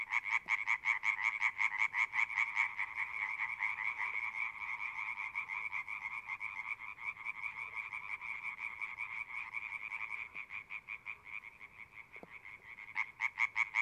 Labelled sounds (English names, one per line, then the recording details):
Common Tree Frog call
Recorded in the wild
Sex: group
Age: adult
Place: Kützerhof, Kummerower See, Mecklenburg-Vorpommern, DE
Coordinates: 53.8519, 12.8739
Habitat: wetland
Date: 2008-04-29 23:12
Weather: Nieselregen, 15°C
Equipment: Zoom H2
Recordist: Frommolt, Karl-Heinz
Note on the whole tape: Straße zwischen Aalbude und Kützerhof: Rufe von mehreren Laubfröschen